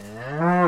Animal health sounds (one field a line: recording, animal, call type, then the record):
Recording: contact call of a hoofed animal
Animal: cattle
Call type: low-frequency (closed-mouth) or high-frequency (open-mouth) call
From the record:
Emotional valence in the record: negative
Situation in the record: full separation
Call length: 0.68 s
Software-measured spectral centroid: 1310 Hz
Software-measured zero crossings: 1700 a second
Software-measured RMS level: -22 dBFS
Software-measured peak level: -8 dBFS